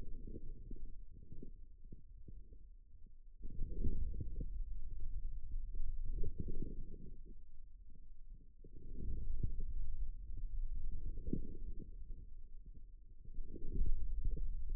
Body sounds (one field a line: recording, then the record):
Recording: forearm muscle sounds (acoustic myography)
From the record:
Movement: inward rotation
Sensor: system 2, bracelet of six BSWA MPA416 microphones around the upper forearm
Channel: 1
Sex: male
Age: 22 years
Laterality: right